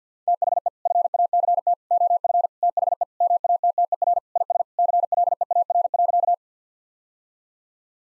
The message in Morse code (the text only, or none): THE FACT OF THE MATTER IS CLEAR.